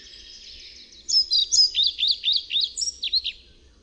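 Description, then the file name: European pied flycatcher song: after a faint start, a lively phrase of around ten high, slurred notes, lasting over two seconds. "MUCHOLOWKAZALOBNA"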